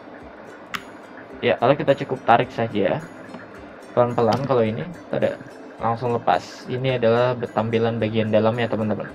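A wire keycap puller is pressed down over a plastic keycap on a Rexus MX10 gaming mechanical keyboard. It clicks and grips under the keycap at 0.8 s. Then someone talks while the keycap is pulled off.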